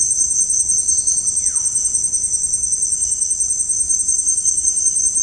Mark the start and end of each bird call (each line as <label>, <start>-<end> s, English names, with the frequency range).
Russet-backed Oropendola (0.3-3.4 kHz), 0.96-1.80 s